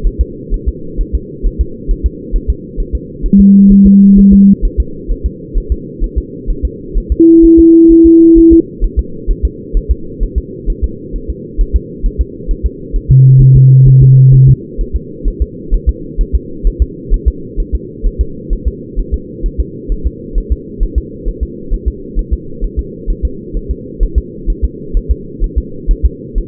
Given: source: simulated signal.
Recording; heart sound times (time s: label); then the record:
fetal heart sounds
0.07 s: S1
0.21 s: S2
0.54 s: S1
0.68 s: S2
1.01 s: S1
1.15 s: S2
1.46 s: S1
1.61 s: S2
1.91 s: S1
2.06 s: S2
2.36 s: S1
2.50 s: S2
2.80 s: S1
2.95 s: S2
3.26 s: S1
3.40 s: S2
3.72 s: S1
3.87 s: S2
4.19 s: S1
4.33 s: S2
4.65 s: S1
4.80 s: S2
5.12 s: S1
5.26 s: S2
5.58 s: S1
5.72 s: S2
6.04 s: S1
6.18 s: S2
6.50 s: S1
6.65 s: S2
6.98 s: S1
7.12 s: S2
7.45 s: S1
7.59 s: S2
7.92 s: S1
8.06 s: S2
8.38 s: S1
8.53 s: S2
8.84 s: S1
8.99 s: S2
9.30 s: S1
9.45 s: S2
9.77 s: S1
9.91 s: S2
10.23 s: S1
10.38 s: S2
10.70 s: S1
10.84 s: S2
11.16 s: S1
11.30 s: S2
11.61 s: S1
11.76 s: S2
12.06 s: S1
12.21 s: S2
12.51 s: S1
12.66 s: S2
12.96 s: S1
13.11 s: S2
13.42 s: S1
13.56 s: S2
13.88 s: S1
14.03 s: S2
14.34 s: S1
14.49 s: S2
14.81 s: S1
14.96 s: S2
15.28 s: S1
15.42 s: S2
15.74 s: S1
15.89 s: S2
16.21 s: S1
16.35 s: S2
16.67 s: S1
16.82 s: S2
17.14 s: S1
17.28 s: S2
17.60 s: S1
17.75 s: S2
18.07 s: S1
18.21 s: S2
18.53 s: S1
18.68 s: S2
19.00 s: S1
19.14 s: S2
19.46 s: S1
19.60 s: S2
19.92 s: S1
20.07 s: S2
20.38 s: S1
20.52 s: S2
20.83 s: S1
20.98 s: S2
21.28 s: S1
21.43 s: S2
21.73 s: S1
21.88 s: S2
22.19 s: S1
22.33 s: S2
22.64 s: S1
22.79 s: S2
23.10 s: S1
23.25 s: S2
23.57 s: S1
23.71 s: S2
24.03 s: S1
24.18 s: S2
24.50 s: S1
24.64 s: S2
24.97 s: S1
25.11 s: S2
25.44 s: S1
25.58 s: S2
25.91 s: S1
26.06 s: S2
26.38 s: S1
From the record:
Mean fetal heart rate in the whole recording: 130 bpm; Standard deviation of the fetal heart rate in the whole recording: 4 bpm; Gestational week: 38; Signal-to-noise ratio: -4.3 dB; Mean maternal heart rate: 72 bpm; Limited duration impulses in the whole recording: present